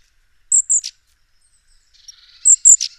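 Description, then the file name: Great tit call, two sharp high notes followed by a short rasping downward sweep, given twice about two seconds apart in otherwise quiet surroundings. "Parus major"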